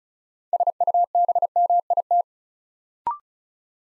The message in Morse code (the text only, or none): SUBMIT